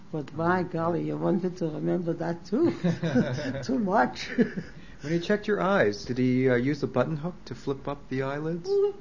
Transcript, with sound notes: But -- by golly -- you wanted to remember that, too. [Laughs] Too much.
When he checked your eyes, did he use the buttonhook to flip up the eyelids?